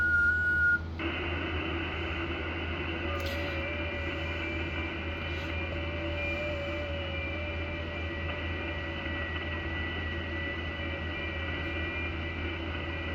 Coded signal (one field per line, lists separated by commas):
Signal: FT8